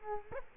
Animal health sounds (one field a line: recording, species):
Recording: mosquito wingbeat signal from an infrared sensor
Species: Culex quinquefasciatus